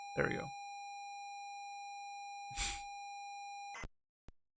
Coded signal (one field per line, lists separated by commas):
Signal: ZX Spectrum tape loading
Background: speech